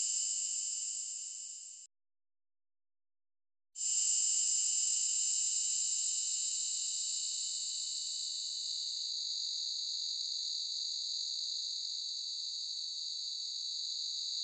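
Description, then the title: Cicada buzzing in a continuous shrill drone that stops for about two seconds of silence, then resumes and carries on evenly to the end. "Cicada_short"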